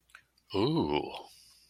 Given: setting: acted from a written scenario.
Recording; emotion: vocal sound without words; adoration